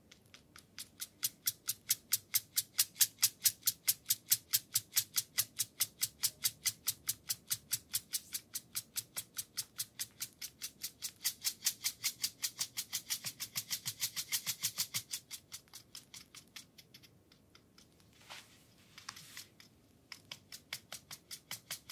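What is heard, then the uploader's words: Bamboo massage with a steady run of crisp, bright taps or clicks, about three each second, holding an even pace for most of the clip. Around seventeen seconds the rhythm breaks into a few soft rustling strokes, then lighter tapping resumes. ASMR Full body massage with bamboo.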